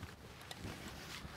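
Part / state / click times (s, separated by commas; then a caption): crossbow string into trigger latch / seated / 0.5 s. A Suppressor 400TD crossbow is cocked with a rope cocking aid: a foot is in the stirrup and the rope is pulled up until the string latches into the trigger mechanism. Over steady broadband noise, a short sharp click at 0.5 s marks the string seating in the trigger latch, after which the safety is to be engaged right away.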